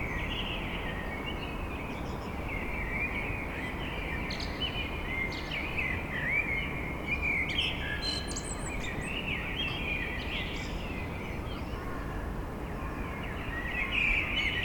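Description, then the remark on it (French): A blackbird sings continuous fluting, warbling phrases, faint against a loud, steady rushing noise that fills the background for the whole stretch. “Le merle ne va pas fléchir”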